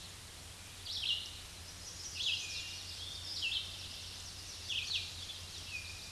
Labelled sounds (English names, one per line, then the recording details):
Red-eyed Vireo song
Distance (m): 35 m
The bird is about 25 m above the microphone
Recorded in a Pennsylvania forest on 16 May 2024 at 06:37
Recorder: AudioMoth, point MSD-2095
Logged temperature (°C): 16.3 °C
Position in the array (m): 164 m, 71 m